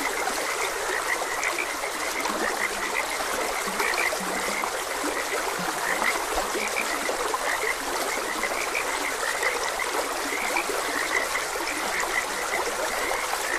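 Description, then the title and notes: Frog: steady chorus of croaking frogs, short notes crowding together, with a few low croaks and gently rushing stream water throughout. Frogs croaking beside a gentle stream. "Gentle Stream and Frogs Croaking. Sleep and Relaxation Podcast"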